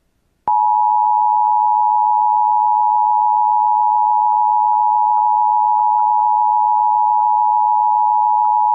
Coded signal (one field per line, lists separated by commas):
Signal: Emergency Alert System (SAME) tones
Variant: 853 and 960 Hz attention tone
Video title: EAS Reenactment Mock: Texas Blue Alert - (12/11/2019)